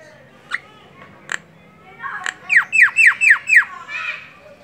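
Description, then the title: Javan myna song with a few soft notes, then five loud descending squawky notes in quick succession and a brief raspy note. Javan myna singing, described with the local term ngoceh. "Jalak Kebo Ngoceh"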